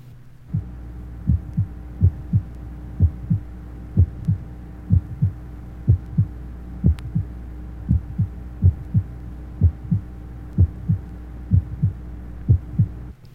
Age 25, normal heart sounds, mitral area.